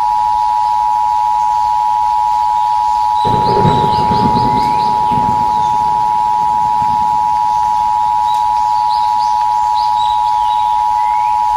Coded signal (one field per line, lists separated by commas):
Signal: Emergency Alert System (SAME) tones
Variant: 853 and 960 Hz attention tone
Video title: EAS Recreation: SUPERCELL IN UTAH (4/8/17)